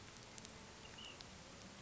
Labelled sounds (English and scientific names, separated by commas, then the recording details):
Ash-throated Flycatcher (Myiarchus cinerascens)
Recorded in Sonoma County, California